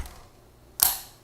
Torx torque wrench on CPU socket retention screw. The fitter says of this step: There's the click on our Torx wrench.